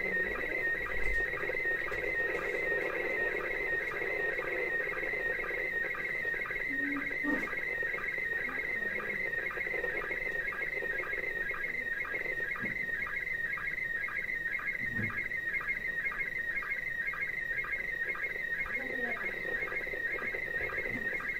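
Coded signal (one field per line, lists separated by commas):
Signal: SSTV (slow-scan television)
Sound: steady warbling, buzzing tone with a fast regular rhythmic ticking, continuous throughout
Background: room noise, low hum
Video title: Women in space ISS SSTV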